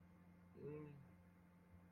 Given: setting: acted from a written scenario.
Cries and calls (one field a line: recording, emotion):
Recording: vocal sound without words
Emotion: guilt